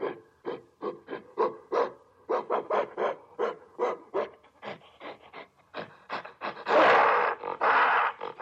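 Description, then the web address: Gorilla giving hoarse, panting grunts in a fast uneven series, ending with two louder, drawn-out roars. Enraged gorilla at a zoo. "som de gorila enfurecido no zoologico"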